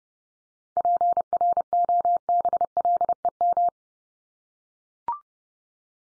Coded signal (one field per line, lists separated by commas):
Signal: Morse code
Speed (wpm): 30 wpm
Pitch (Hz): 700 Hz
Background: none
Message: PROBLEM